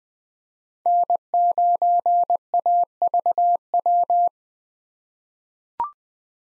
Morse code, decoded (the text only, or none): N9AVW